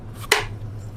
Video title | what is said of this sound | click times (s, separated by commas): Cleaning a 40 Year Old Bullworker X5 | just put one handle back on this side. Snaps right back into place. | 0.3 s